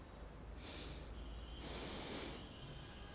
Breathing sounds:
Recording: one breath in and out by a microphone near the nose and mouth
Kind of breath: normal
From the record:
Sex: male

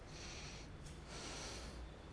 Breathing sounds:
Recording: one breath in and out by a microphone near the nose and mouth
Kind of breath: deep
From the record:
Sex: male

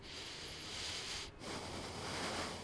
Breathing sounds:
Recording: one breath in and out by a microphone near the nose and mouth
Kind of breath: deep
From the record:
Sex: male

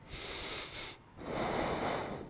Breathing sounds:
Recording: one breath in and out by a microphone near the nose and mouth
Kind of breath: deep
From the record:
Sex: male

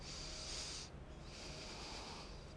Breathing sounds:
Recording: one breath in and out by a microphone near the nose and mouth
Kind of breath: deep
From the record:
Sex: male

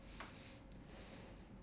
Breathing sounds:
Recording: one breath in and out by a microphone near the nose and mouth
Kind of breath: deep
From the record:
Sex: male

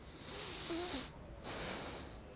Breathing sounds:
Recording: one breath in and out by a microphone near the nose and mouth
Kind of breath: deep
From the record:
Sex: male

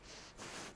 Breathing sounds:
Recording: one breath in and out by a microphone near the nose and mouth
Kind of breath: strong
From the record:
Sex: female

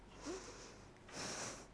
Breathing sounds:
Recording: one breath in and out by a microphone near the nose and mouth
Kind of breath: deep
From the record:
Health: marked as sick, illness not named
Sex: female

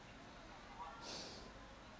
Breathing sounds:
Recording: one breath in and out by a microphone near the nose and mouth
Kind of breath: normal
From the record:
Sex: male

